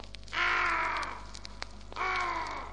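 A black raven sitting on a branch gives two long, harsh, drawn-out caws separated by a short pause, each call loud and raspy with a slightly falling pitch, over a faint low hum.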